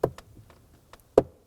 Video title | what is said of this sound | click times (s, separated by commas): How to Replace Glove Box Door Damper 2015-2020 Ford F-150 | And there it is, it's locked into place. | 1.2 s